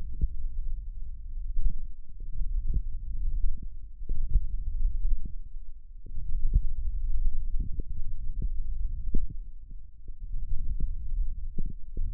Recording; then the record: forearm muscle sounds (acoustic myography)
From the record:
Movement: hook grip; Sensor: system 1, eight BSWA MPA416 microphones around the upper forearm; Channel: 8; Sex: male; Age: 18 years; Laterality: right